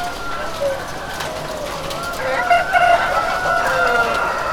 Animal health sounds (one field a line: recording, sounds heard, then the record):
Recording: poultry house recording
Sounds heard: healthy chickens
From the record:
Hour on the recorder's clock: 17